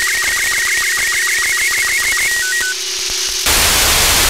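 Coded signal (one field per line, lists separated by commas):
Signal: SSTV (slow-scan television)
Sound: warbling high tone with rapid regular chirping blips, steady low hum, then loud hiss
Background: radio static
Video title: Receive SSTV via PSAT-2 (NO-104) 6-SEP-2020 over THAILAND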